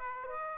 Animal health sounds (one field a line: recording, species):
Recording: mosquito wingbeat signal from an infrared sensor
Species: Aedes aegypti